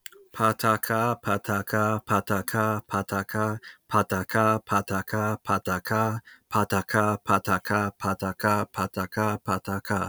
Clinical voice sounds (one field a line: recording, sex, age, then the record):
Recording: repeated syllables /pa ta ka/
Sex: male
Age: 20 to 29 years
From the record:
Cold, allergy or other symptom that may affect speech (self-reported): no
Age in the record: 29 years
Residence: New York, United States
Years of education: 16